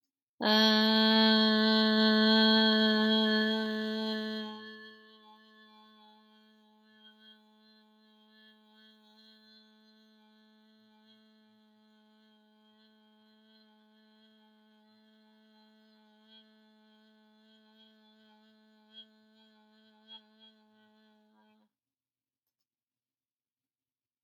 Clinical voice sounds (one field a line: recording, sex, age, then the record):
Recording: vowel held as long as possible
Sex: female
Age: 30 to 39 years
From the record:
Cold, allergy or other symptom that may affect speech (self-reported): no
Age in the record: 35 years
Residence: United States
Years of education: 17